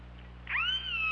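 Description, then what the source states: Orca call: a single harmonic tone sweeping up quickly, then holding level and easing slightly downward, over a constant low hum. Recorded on an OrcaLab hydrophone on 24 August 2017, around 23:36.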